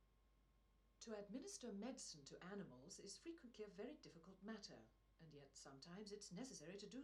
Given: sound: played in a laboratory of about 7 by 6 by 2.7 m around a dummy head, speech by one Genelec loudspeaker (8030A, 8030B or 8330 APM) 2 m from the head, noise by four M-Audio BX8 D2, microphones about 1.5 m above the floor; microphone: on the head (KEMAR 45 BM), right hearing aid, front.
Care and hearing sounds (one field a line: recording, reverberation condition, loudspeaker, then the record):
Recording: female speech in English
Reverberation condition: low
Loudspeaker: 150 degrees to the right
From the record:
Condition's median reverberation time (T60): about 310 ms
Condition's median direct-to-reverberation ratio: about 3.5 dB